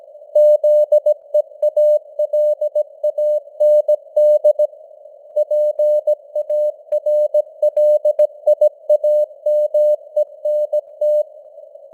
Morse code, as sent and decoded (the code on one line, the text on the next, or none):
--.. . .- .-.. .- -. -.. / .--. .- .-. .-.. .. .- -- . -. -
ZEALAND PARLIAMENT